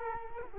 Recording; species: mosquito wingbeat signal from an infrared sensor; Culex quinquefasciatus